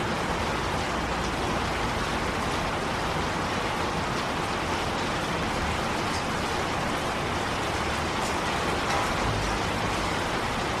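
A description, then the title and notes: Rain falls in a steady, dense wash with no pauses, its hiss spread evenly from low rumble to bright top. Faint ticks of individual drops flicker through the texture, and the loudness holds level for the whole stretch. Serene Rain Sounds.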